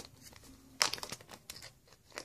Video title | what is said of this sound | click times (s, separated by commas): How to install bearings on a Quantum Escalade | pops right in | 0.8 s